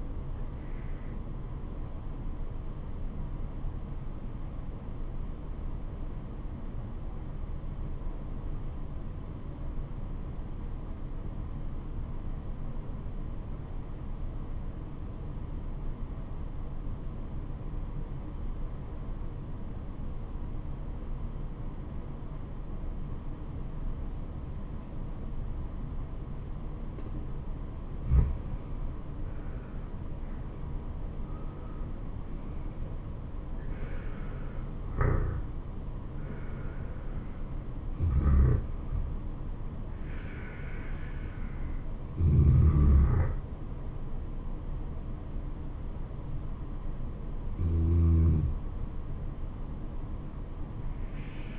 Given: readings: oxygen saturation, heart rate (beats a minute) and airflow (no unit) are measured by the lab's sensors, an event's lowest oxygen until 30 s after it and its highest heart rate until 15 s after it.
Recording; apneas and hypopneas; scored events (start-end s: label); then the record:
breathing in sleep by a smartphone at the bedside; 1
4.00-29.80 s: obstructive apnea (N2, oxygen 95% highest, then 82% lowest, heart rate 74 at the start, 78 highest)
From the record:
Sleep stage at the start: N2 (light sleep); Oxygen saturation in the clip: 82 to 95%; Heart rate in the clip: 68 to 78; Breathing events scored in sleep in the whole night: 426 in 7.4 hours asleep